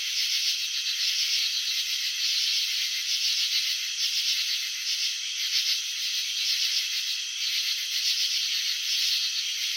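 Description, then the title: Crickets chirping in a dense, steady high buzz of fast pulses, throbbing slightly in loudness throughout, with no other sounds. Crickets filmed in slow motion while chirping, showing wing vibrations and antenna movements. "Crickets in Slow Motion. Capturing the Elegance of Chirping"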